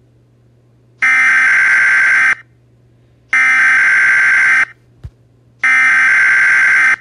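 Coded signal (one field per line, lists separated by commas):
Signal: Emergency Alert System (SAME) tones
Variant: header bursts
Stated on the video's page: Simulated EAS scenario, not a real alert.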